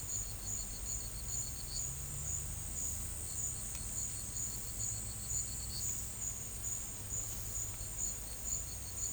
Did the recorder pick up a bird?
no